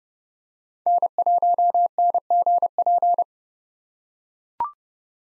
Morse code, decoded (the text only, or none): N1NGP